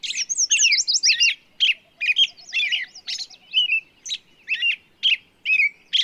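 Bird singing busy, high twittering phrases with quick slurred notes and brief pauses; a soft, low rhythmic pulsing runs briefly in the background.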